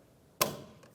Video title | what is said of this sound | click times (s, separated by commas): How to Replace Gas Cap 2005-2010 Dodge Dakota | Put your gas cap in position, turn it clockwise, listen for a click. | 0.4 s